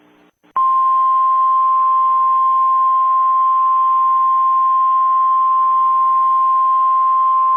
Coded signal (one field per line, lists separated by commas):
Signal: Emergency Alert System (SAME) tones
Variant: 1050 Hz attention tone